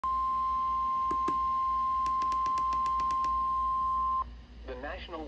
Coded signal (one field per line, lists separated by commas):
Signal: Emergency Alert System (SAME) tones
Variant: 1050 Hz attention tone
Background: speech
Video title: NOAA Weather Radio - Severe Thunderstorm Warning [EAS #325] (7/9/23)